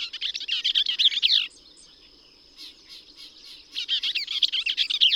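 Bell's vireo singing fast, husky, jumbled phrases, one ending then another starting after a two-second pause, with soft faint notes between and a steady high hum.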